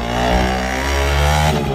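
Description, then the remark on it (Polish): A small moped engine revs with a loud, buzzy two-stroke drone, its pitch holding steady with slight surges throughout the short burst, and no voices. “Ale nie, zaraz, nie o tego komara chodziło.”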